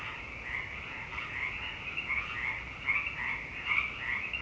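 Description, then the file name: Crowded frog chorus with buzzy pulsed croaks overlapping continuously, several louder calls standing out near the end. "frogpocalypse"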